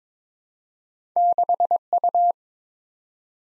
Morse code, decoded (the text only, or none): 6U